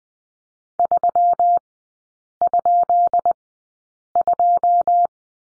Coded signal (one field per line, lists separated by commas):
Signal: Morse code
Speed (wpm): 20 wpm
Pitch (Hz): 700 Hz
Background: none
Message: 3?2